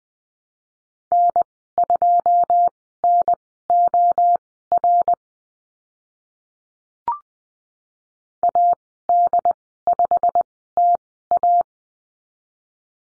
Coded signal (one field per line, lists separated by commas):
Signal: Morse code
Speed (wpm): 20 wpm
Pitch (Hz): 700 Hz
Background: none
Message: N2NOR AD5TA